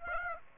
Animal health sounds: mosquito wingbeat signal from an infrared sensor; Aedes aegypti

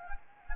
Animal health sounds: mosquito wingbeat signal from an infrared sensor; Anopheles gambiae

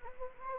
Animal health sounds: mosquito wingbeat signal from an infrared sensor; Anopheles gambiae

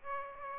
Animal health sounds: mosquito wingbeat signal from an infrared sensor; Aedes aegypti

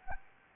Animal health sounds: mosquito wingbeat signal from an infrared sensor; Anopheles gambiae

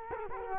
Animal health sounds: mosquito wingbeat signal from an infrared sensor; Culex quinquefasciatus

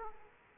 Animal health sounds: mosquito wingbeat signal from an infrared sensor; Aedes aegypti

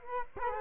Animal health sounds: mosquito wingbeat signal from an infrared sensor; Culex quinquefasciatus

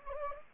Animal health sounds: mosquito wingbeat signal from an infrared sensor; Anopheles gambiae

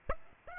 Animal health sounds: mosquito wingbeat signal from an infrared sensor; Aedes aegypti

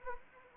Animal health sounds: mosquito wingbeat signal from an infrared sensor; Anopheles arabiensis

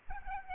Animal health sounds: mosquito wingbeat signal from an infrared sensor; Aedes albopictus

